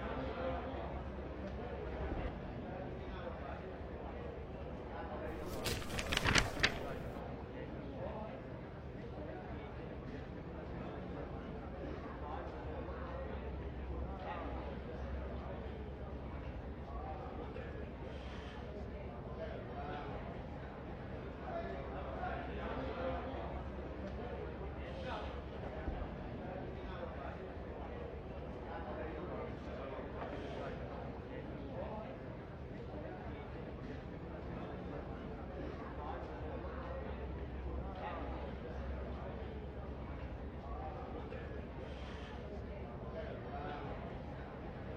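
An old inn's ambience: a steady murmur of many voices talking over one another, with a constant low rumble underneath like passing carts and horses. Around six seconds a brief bright burst cuts through, and small clicks and knocks surface now and then throughout.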